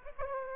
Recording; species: mosquito wingbeat signal from an infrared sensor; Aedes aegypti